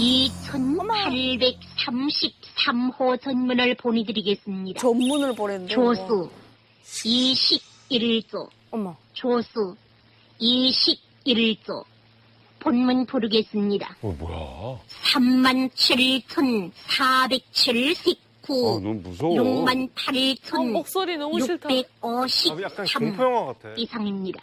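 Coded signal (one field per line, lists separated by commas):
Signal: numbers station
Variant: Korean-language, North Korean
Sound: a Korean announcer reads a message number, group count, then spoken number groups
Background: TV studio reactions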